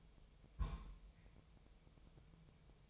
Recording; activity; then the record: daily activity, microphone in the room; place on stove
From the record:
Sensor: 1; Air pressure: 999.4 hPa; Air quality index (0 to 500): 199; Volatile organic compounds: 40 ppm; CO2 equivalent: 3146 ppm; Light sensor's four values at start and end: 9/22/8/9 and 9/22/8/9